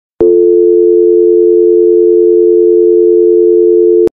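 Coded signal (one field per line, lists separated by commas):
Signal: telephone call progress tone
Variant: North America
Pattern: dial tone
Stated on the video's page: American landline dial tone, a combination of 350 Hz and 440 Hz, recorded from a US telephone line.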